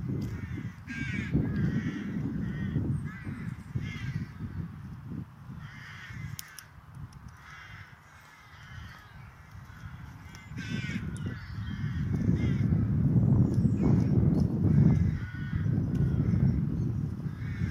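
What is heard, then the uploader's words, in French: Crows caw repeatedly in a park, their hoarse calls coming in short bursts every second or so. A low rumble, like traffic, runs underneath, quieting briefly around eight seconds and swelling again after twelve. Craillements de corbeaux dans un parc.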